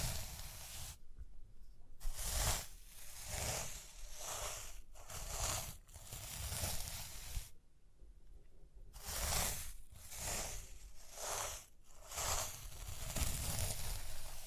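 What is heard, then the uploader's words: Rhinestones are scratched and brushed in repeated bursts of bright, hissing scrapes, each lasting under a second to a couple of seconds. A low rumble runs underneath, and short quiet gaps near 1, 5 and 7.5–9 seconds break up the otherwise busy, uneven rhythm. Rhinestone Tapping, Scratching, Brushing.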